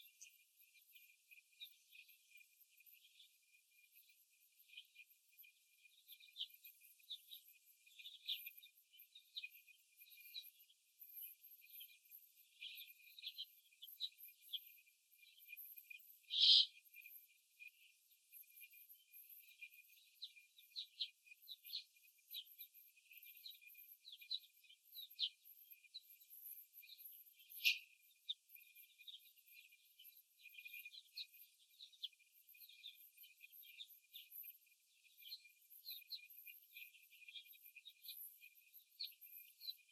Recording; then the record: young laying hens in a cage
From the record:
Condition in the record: after the stressor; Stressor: simulated dog barking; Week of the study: 1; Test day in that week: 2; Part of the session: 3